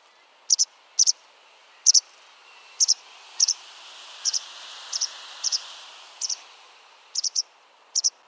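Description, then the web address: White wagtail calls, sharp high double notes repeated roughly every second, each pair quick and clipped, over a steady soft hiss. "File origin Bird Only"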